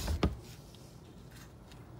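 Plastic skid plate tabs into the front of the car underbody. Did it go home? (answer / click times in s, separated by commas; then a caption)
yes / 0.2 s. The plastic rock guard (skid plate) of a 2006–2010 Volkswagen Jetta 2.5L is slid back under the car and pushed into the front underbody. After a brief low rumble, its small tabs lock into place with a sharp click at 0.2 s, followed by faint ticks around 0.8 s and 1.7 s. The skid plate is seated.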